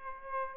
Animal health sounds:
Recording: mosquito wingbeat signal from an infrared sensor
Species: Aedes aegypti

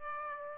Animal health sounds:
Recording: mosquito wingbeat signal from an infrared sensor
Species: Aedes aegypti

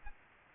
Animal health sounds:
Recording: mosquito wingbeat signal from an infrared sensor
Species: Aedes aegypti

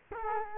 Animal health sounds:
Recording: mosquito wingbeat signal from an infrared sensor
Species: Culex quinquefasciatus

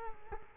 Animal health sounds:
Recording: mosquito wingbeat signal from an infrared sensor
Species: Culex quinquefasciatus

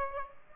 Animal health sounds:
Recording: mosquito wingbeat signal from an infrared sensor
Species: Aedes aegypti

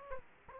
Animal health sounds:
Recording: mosquito wingbeat signal from an infrared sensor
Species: Aedes aegypti

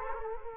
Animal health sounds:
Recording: mosquito wingbeat signal from an infrared sensor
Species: Culex quinquefasciatus

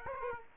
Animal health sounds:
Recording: mosquito wingbeat signal from an infrared sensor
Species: Aedes aegypti

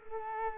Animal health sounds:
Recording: mosquito wingbeat signal from an infrared sensor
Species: Culex quinquefasciatus

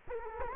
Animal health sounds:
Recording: mosquito wingbeat signal from an infrared sensor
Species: Culex quinquefasciatus

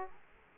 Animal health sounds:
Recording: mosquito wingbeat signal from an infrared sensor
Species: Aedes aegypti

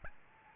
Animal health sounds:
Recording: mosquito wingbeat signal from an infrared sensor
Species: Aedes albopictus

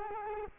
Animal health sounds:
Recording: mosquito wingbeat signal from an infrared sensor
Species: Culex quinquefasciatus

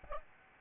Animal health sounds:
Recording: mosquito wingbeat signal from an infrared sensor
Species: Aedes albopictus

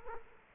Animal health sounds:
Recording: mosquito wingbeat signal from an infrared sensor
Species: Culex quinquefasciatus

